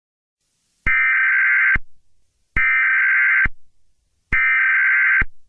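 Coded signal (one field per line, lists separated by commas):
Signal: Emergency Alert System (SAME) tones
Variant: header bursts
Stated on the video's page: Fictional EAS scenario.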